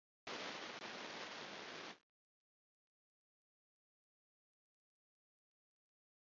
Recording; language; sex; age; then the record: short text; Brazilian Portuguese; male; 40 to 49 years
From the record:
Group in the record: control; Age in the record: 43 years